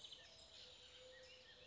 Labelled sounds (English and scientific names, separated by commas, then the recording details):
Mourning Dove (Zenaida macroura)
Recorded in Sonoma County, California